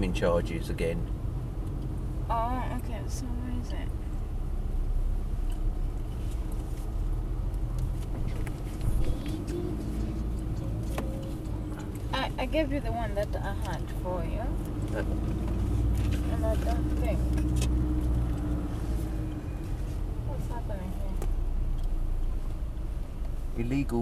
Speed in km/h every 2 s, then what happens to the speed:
11, 11, 10, 10, 11, 13, 13, 13, 16, 15, 10, 6.
0-17 steady at about 11. 17-24 slows to 6.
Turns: none.